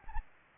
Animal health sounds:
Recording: mosquito wingbeat signal from an infrared sensor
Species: Anopheles gambiae

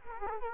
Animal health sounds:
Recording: mosquito wingbeat signal from an infrared sensor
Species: Culex quinquefasciatus

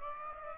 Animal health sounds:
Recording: mosquito wingbeat signal from an infrared sensor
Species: Aedes aegypti

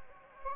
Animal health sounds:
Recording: mosquito wingbeat signal from an infrared sensor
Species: Anopheles gambiae

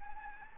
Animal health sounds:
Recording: mosquito wingbeat signal from an infrared sensor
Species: Anopheles gambiae

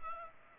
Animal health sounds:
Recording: mosquito wingbeat signal from an infrared sensor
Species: Culex pipiens

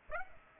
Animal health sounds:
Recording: mosquito wingbeat signal from an infrared sensor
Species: Aedes aegypti

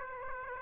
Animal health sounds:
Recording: mosquito wingbeat signal from an infrared sensor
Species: Aedes aegypti

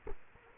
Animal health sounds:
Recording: mosquito wingbeat signal from an infrared sensor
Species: Culex quinquefasciatus

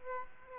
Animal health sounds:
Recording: mosquito wingbeat signal from an infrared sensor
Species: Aedes aegypti

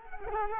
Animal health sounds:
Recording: mosquito wingbeat signal from an infrared sensor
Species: Culex quinquefasciatus

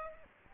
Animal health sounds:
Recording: mosquito wingbeat signal from an infrared sensor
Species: Aedes aegypti

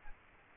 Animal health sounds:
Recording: mosquito wingbeat signal from an infrared sensor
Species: Culex quinquefasciatus

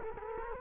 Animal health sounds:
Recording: mosquito wingbeat signal from an infrared sensor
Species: Culex quinquefasciatus

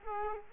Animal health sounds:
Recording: mosquito wingbeat signal from an infrared sensor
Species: Culex quinquefasciatus

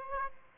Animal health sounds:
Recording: mosquito wingbeat signal from an infrared sensor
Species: Aedes aegypti

